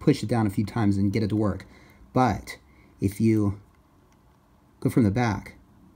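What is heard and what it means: Someone talks while working the crown or bezel of a Rolex GMT wristwatch from the back and pressing it down, with a faint, brief tick in a quiet pause around 4.1 s. The part has not seated or clicked into place yet.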